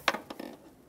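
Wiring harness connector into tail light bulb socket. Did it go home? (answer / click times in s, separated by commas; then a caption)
yes / 0.1 s. A black plastic wiring harness connector is pushed onto the marker light bulb socket of a 2014-2021 Mazda 6 tail light while the harness is reconnected. One sharp click sounds at 0.1 s, followed by two fainter ticks around 0.3 s and 0.4 s. The connector is seated.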